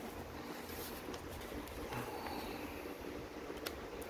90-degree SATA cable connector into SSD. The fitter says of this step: doesn't click so much but just you can tell when it's sort of in pretty solid actually